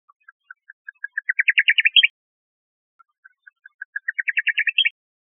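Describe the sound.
Bird calling with spaced soft notes that quicken into a rapid rising trill, capped by a brief higher note, the phrase repeated twice in near silence.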